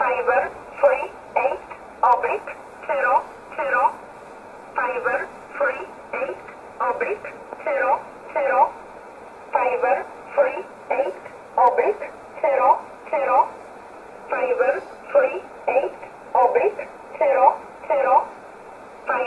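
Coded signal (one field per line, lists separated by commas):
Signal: numbers station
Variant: E11 Oblique, English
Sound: voice reading short evenly spaced words, likely numbers, in narrow radio audio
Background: radio static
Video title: 07 08 2019 E11 Oblique Numbers station in English 0901 on 7449 unknown tx site in USB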